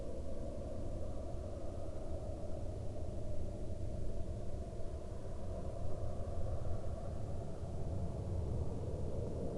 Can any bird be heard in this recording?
no